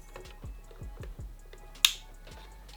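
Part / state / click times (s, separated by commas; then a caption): liquid cooler cable connector into its socket on the cooler / seated / 1.9 s. A liquid cooler's cable connector is pushed into its socket on the cooler during the install of an EVGA CLCx 360mm AIO CPU liquid cooler. Faint, evenly spaced low thumps and soft ticks play under the clip until a single sharp, loud click at 1.9 s marks the connector seating.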